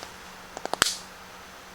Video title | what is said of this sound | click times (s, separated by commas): Make an Acorn Box with a Curved Tenon | and listen for the click click solid | 0.8 s